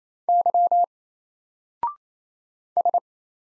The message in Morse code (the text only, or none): Y S